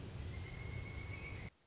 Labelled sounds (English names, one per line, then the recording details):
Pileated Woodpecker
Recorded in Sonoma County, California